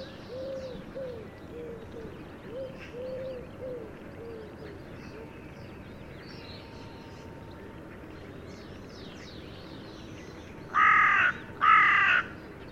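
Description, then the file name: Carrion crow giving two loud harsh caws near the end, after a stretch of soft, short background sounds. "Corvus corone"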